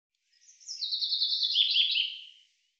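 Common chaffinch song phrase, a rapid run of sharp repeated notes stepping downward in pitch, ending with a lower twittering flourish; no other sounds stand out.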